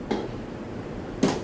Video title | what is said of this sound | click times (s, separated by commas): Lamb En Croute | left to right until it clicks into place | 1.2 s